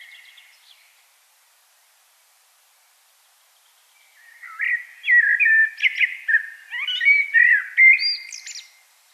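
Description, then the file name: Common blackbird singing, a short note at the start, then a long tumbling phrase of mellow whistles mixed with rapid high chirps and squeaks. "Turdus merula"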